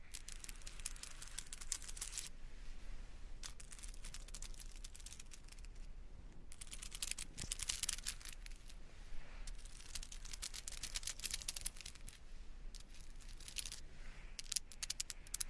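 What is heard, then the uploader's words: Headphone tapping and massage rollers make a dense, crackly clatter of quick clicks and scratchy brushing, coming in bursts of a second or two with short, quieter gaps between them. A steady low rumble runs underneath, and one sharp knock lands around seven seconds. Headphone Tapping & Massage Rollers.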